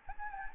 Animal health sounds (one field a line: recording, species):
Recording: mosquito wingbeat signal from an infrared sensor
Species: Anopheles gambiae